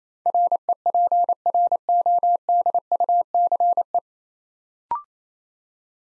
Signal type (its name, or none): Morse code